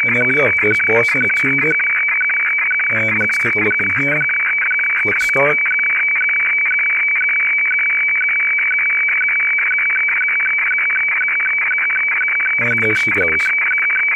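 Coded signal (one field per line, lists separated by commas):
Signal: weather fax (radiofax)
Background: speech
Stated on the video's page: HF weather fax received through SDRuno on an SDRplay RSP receiver.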